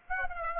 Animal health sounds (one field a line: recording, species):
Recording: mosquito wingbeat signal from an infrared sensor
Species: Aedes aegypti